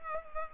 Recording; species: mosquito wingbeat signal from an infrared sensor; Culex pipiens